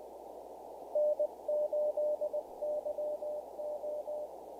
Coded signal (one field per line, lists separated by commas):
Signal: Morse code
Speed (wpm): 20 wpm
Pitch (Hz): 600 Hz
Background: none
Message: N8YO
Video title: HF Signals zBitX. Internal FT8, All Band All Mode, Pocket SDR Ham Radio!